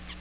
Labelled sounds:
Magnolia Warbler flight call

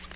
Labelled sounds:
Tennessee Warbler flight call

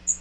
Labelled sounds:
Magnolia Warbler flight call

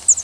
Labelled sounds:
Northern Parula flight call

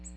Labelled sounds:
Ovenbird flight call

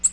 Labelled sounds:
Nashville Warbler flight call

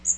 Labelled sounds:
Magnolia Warbler flight call

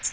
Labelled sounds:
Magnolia Warbler flight call

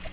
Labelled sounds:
Nashville Warbler flight call

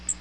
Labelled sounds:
Magnolia Warbler flight call

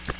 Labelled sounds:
Magnolia Warbler flight call

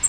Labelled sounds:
Bay-breasted Warbler flight call

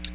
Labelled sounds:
Ovenbird flight call

